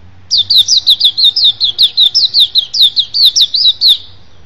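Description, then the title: Oriental magpie-robin singing a rapid series of bright, swooping whistles, roughly five per second, starting after a short quiet moment and stopping abruptly near the end. "Kicau Kacer"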